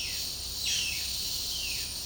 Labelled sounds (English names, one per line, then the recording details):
Violaceous Jay
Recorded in secondary vegetation near Puerto Asís, Putumayo, Colombia, on 19 February 2024 at 11:00
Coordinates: 0.489, -76.322
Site G6419